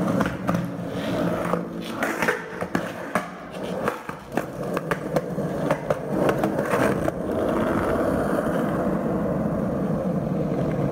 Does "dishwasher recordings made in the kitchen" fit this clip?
no